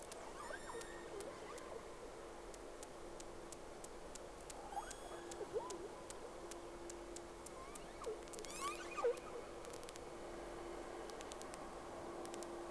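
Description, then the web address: Whale sounds as rapid clicks and bursts with a few short whistled sweeps, over a steady background hum. Two whales, recorded 3 October 2006. "Sea Snake 10-3-06 Whales X 2"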